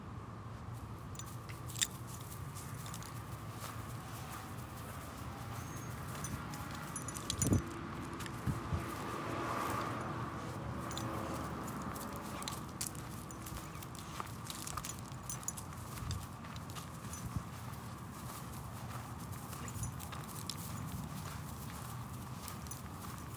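A morning walk along quiet city streets, with a steady low hum of traffic underneath. Footsteps tap regularly throughout, a car swells past around ten seconds, and a sharp thump lands near seven seconds, with a few faint chirps scattered above.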